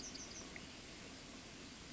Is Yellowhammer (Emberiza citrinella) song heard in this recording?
no